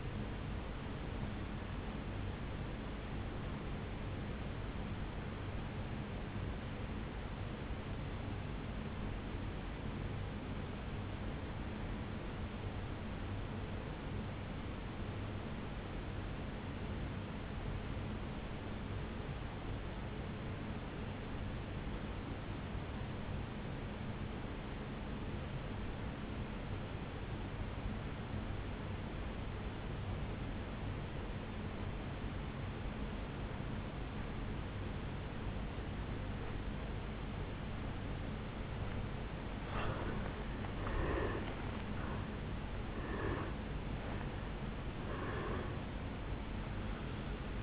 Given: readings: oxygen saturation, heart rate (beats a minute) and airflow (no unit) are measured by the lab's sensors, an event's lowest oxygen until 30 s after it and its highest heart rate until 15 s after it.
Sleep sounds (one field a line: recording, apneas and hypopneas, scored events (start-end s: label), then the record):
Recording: breathing in sleep by a voice recorder at the bedside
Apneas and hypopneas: 1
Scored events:
10.00-39.90 s: obstructive apnea (N1, oxygen 97% highest, then 81% lowest, heart rate 53 at the start, 78 highest)
21.00-47.63 s: new sleep stage, N2 (light sleep)
From the record:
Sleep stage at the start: N1 (lightest sleep)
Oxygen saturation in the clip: 85 to 97%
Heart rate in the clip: 52 to 78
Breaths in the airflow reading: 4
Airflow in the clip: -10.3 to 5.8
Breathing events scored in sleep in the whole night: 449 in 7.0 hours asleep